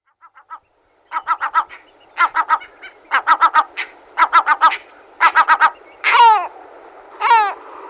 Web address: Lesser Black-backed Gull